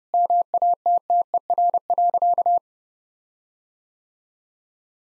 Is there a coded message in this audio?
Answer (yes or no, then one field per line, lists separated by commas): yes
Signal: Morse code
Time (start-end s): 0.1-2.6 s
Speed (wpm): 30 wpm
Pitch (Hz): 700 Hz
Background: none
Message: MATTER.